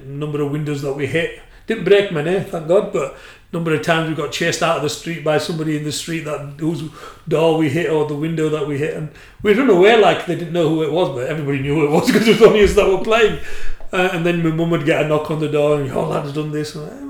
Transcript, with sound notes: And the number of windows we hit, didn’t break many, thank God, but number of times we got chased out of the street by somebody in the street that, whose door we hit or the window that we hit, we’d run away, like, they didn’t know who it was but everyone knew who it was [laughing] ‘cos it was only us thatwere playing and then my Mum would get a knock on the door and “your lad’s done this ..”…